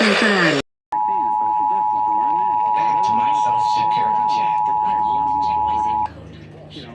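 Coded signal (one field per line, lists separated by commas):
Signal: Emergency Alert System (SAME) tones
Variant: 853 and 960 Hz attention tone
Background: speech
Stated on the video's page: Ohio Required Weekly Test on EAS/NOAA Weather Radio.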